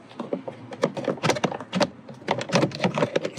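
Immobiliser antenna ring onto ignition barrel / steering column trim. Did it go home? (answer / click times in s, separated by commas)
no / none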